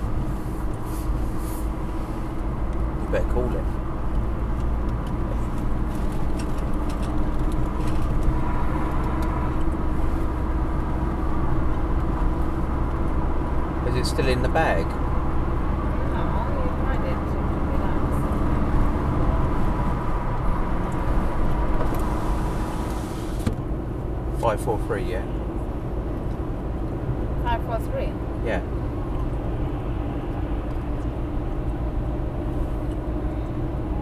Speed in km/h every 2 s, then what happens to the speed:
42, 44, 45, 48, 52, 53, 55, 56, 56, 60, 61, 63, 64, 64, 66, 68, 69.
0-34 speeds up to 69.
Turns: none.